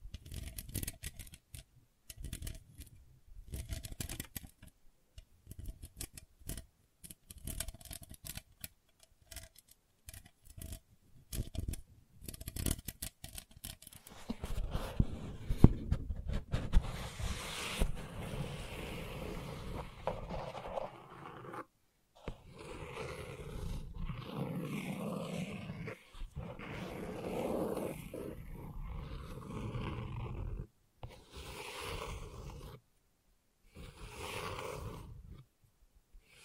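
Gentle scratching runs throughout. For the first fifteen seconds it comes as rapid, dense, crisp strokes. After that it turns into slower, fuller rubbing with a lower, softer body, broken by short silent gaps near 22 and 31 seconds.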